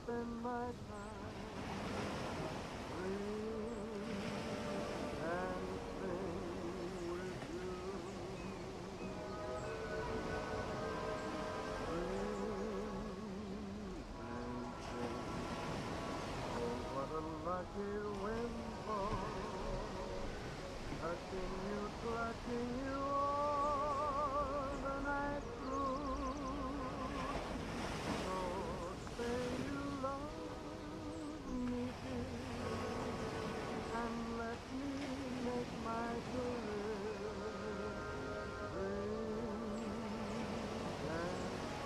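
Ocean waves wash steadily beneath a dense, nearly constant chorus of overlapping seagull cries, rising and falling calls crowding together throughout.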